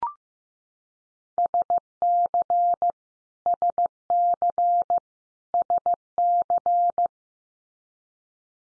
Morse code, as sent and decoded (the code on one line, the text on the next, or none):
... -.-. / ... -.-. / ... -.-.
SC SC SC